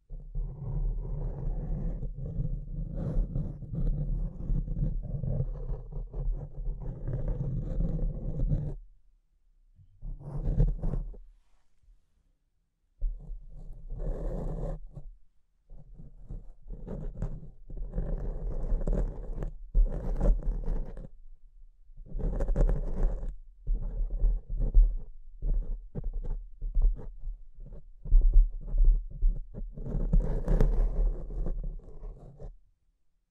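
Microphone scratching, a rough low rubbing and scraping that runs steadily for the first nine seconds, then breaks into separate bursts of varying length. Brief silences fall around 9, 12 and 15 seconds, and the scraping continues in clustered patches until it stops near 33 seconds.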